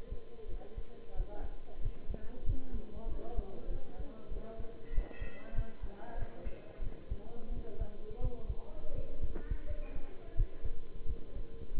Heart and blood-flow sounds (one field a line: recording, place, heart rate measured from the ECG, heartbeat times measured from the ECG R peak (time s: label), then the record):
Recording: heart sounds by stethoscope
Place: between the tricuspid and mitral areas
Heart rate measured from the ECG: 91 bpm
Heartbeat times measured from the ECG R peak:
0.47 s: heartbeat
1.14 s: heartbeat
1.80 s: heartbeat
2.44 s: heartbeat
3.07 s: heartbeat
3.69 s: heartbeat
4.30 s: heartbeat
4.92 s: heartbeat
5.54 s: heartbeat
6.16 s: heartbeat
6.81 s: heartbeat
7.51 s: heartbeat
8.19 s: heartbeat
8.93 s: heartbeat
9.65 s: heartbeat
10.35 s: heartbeat
11.05 s: heartbeat
11.73 s: heartbeat
From the record:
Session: bicycle stress test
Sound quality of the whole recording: good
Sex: male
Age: 23 years